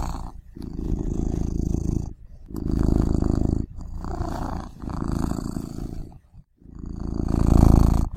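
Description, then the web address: Domestic cat purr, deep and vibrating, swelling and fading in rhythmic breath-long bursts with short pauses between them. "~k garrigue Final Sounds Cat Purring"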